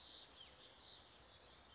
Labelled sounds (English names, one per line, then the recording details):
California Towhee
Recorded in Sonoma County, California